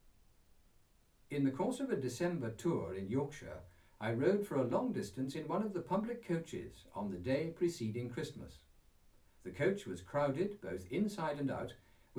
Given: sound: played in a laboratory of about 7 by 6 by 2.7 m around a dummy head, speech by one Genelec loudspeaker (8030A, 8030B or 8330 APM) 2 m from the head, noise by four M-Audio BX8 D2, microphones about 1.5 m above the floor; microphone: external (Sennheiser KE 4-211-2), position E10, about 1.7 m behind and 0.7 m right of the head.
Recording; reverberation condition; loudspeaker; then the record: male speech in English; low; 60 degrees to the left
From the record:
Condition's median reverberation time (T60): about 310 ms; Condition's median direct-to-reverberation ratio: about 3.5 dB